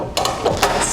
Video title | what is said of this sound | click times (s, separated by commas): How to Test Breakers ep2: Medium Voltage Vacuum Circuit Breaker | satisfying click we are open and charged | 0.2 s